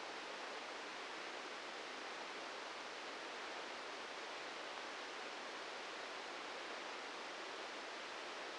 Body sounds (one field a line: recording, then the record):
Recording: brain microelectrode recording played as sound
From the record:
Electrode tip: outside the subthalamic nucleus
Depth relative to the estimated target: 1 mm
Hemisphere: right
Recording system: NeuroSet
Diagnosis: Parkinson's disease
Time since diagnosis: 13 years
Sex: male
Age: 65 years